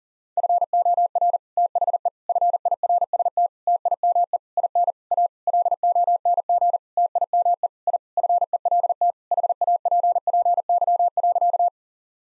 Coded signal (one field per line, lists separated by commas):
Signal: Morse code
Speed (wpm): 37 wpm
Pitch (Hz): 700 Hz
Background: none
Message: FOR THE FIRST TIME IN A LONG TIME I FELT HAPPY.